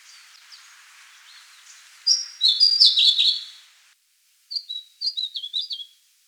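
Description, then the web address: White-spectacled warbler song: a faint hiss with soft notes, then a quick run of high, twittering notes, a short pause, and a second phrase of thin, sliding chirps. "White-Spectacled Warbler Song and Call"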